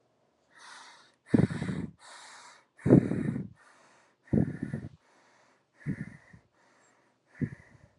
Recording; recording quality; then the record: shallow breathing; excellent, no background noise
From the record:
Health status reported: exposed to COVID-19, no respiratory illness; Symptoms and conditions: hypertension, diabetes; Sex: male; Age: 49 years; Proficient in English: yes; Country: United States